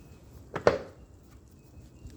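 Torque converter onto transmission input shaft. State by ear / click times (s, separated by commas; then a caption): seated / 0.7 s. A Ford Focus torque converter is pushed and rotated onto the transmission input shaft until it drops into its final engagement. A softer knock at 0.6 s is followed by the sharp, loud final click at 0.7 s that rings briefly. The converter is locked into place on the shaft.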